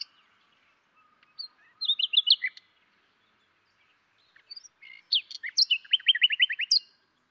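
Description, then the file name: Common nightingale song in two bursts: quick twittering notes, then a pause and a longer phrase of varied notes with a rapid trill near its end. "Luscinia megarhynchos"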